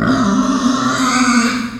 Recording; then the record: squeal of a Yucatan mini pig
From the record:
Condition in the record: after surgery on the right vocal fold (resection and tissue-engineered implant); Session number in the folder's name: 11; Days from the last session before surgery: 98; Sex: female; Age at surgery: 19 weeks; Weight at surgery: 25 kg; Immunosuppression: prednisolone